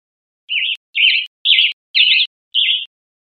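Western tanager song: five hoarse, burry phrases, each wavering up and down, delivered about twice per second with short even pauses, against a silent background.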